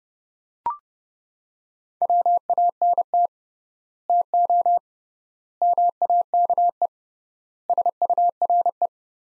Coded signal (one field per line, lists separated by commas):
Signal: Morse code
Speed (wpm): 32 wpm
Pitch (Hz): 700 Hz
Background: none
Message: WANT TO MAKE SURE